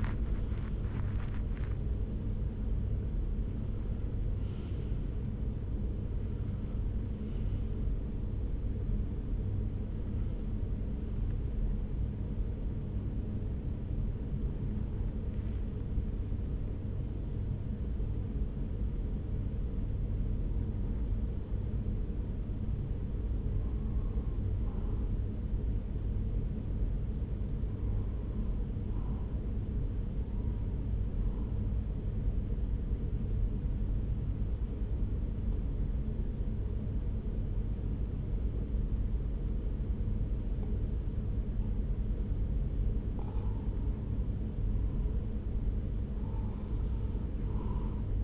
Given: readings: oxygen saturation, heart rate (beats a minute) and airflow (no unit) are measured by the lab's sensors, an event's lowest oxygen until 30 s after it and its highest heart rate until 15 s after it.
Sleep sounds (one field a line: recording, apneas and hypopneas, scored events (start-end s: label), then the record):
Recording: breathing in sleep by a smartphone at the bedside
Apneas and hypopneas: 1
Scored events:
17.00-41.20 s: hypopnea (N1, oxygen 96% highest, then 93% lowest)
From the record:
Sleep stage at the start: N1 (lightest sleep)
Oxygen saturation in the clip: 92 to 96%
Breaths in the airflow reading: 14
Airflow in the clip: -5.7 to 6.2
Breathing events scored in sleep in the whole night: 335 in 6.7 hours asleep